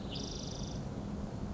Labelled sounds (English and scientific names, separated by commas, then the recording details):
Spotted Towhee (Pipilo maculatus)
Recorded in Sonoma County, California